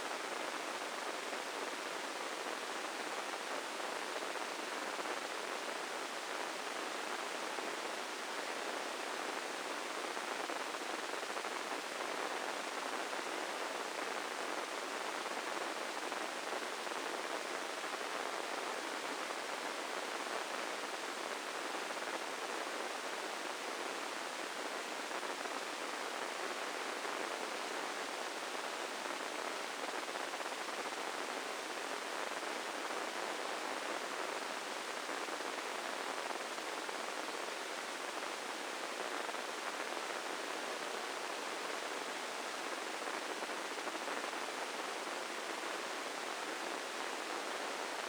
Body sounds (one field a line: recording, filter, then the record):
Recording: brain microelectrode recording played as sound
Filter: spike band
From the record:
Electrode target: subthalamic nucleus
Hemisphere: left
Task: reaching with the right hand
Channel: 1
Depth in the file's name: 4.826 mm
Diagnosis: Parkinson's disease